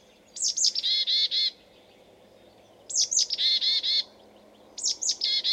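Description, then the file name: Marsh tit call: two quick high squeaky notes leading into a run of scolding, buzzy notes, heard twice fully and starting a third time. "Poecile palustris"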